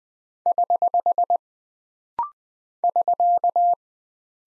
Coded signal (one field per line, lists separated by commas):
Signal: Morse code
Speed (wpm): 20 wpm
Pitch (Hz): 700 Hz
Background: none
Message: <HH> <SK>